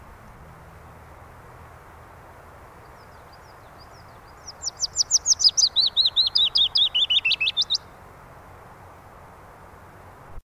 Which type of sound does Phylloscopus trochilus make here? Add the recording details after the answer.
song. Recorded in the wild. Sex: male. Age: adult. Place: Garmisch-Partenkirchen, Bayern, DE. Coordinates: 47.4931, 11.0633. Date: 1962-04-21. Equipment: Stellavox SM 5, Original, Vollspur, AKG D19/200, langes Kabel. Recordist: Tretzel, Erwin. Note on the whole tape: Garmisch (Kramer): Fitis: Gesang (7 ausgewählte Strophen)